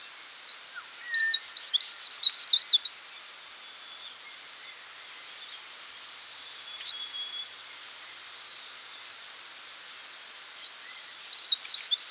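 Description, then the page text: Verditer flycatcher song: a high, rapid jumble of twittering notes lasting about two and a half seconds, a long pause with one faint note, then the warbling phrase starts again. "Verditer Flycatcher Song. Quick Sounds"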